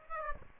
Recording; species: mosquito wingbeat signal from an infrared sensor; Aedes aegypti